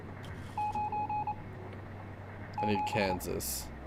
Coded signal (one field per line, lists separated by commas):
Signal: Morse code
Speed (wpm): 27 wpm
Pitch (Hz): 840 Hz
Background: speech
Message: 9 7